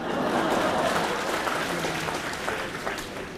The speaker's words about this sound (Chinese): 各位鼓鼓掌，让他来了易中天怎么样？